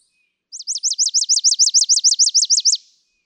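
Chipping Sparrow song: a dry, rapid trill of many similar high chirps, each a quick downward sweep, delivered evenly over about two seconds.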